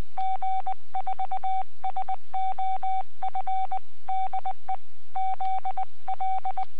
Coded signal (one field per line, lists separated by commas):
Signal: Morse code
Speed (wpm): 19 wpm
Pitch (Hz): 760 Hz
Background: none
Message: G4SOF DE ZL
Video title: Webcam video from 14 January 2015 08:14 (UTC) G4SOF, 40M CW QSO